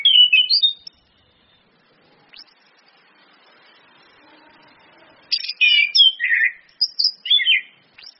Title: PANCINGAN anis kembang ngeplong dan SUITAN BETINA